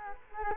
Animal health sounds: mosquito wingbeat signal from an infrared sensor; Culex quinquefasciatus

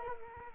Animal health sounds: mosquito wingbeat signal from an infrared sensor; Culex quinquefasciatus

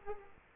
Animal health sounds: mosquito wingbeat signal from an infrared sensor; Culex quinquefasciatus

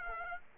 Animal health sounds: mosquito wingbeat signal from an infrared sensor; Aedes aegypti

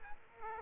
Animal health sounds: mosquito wingbeat signal from an infrared sensor; Aedes aegypti

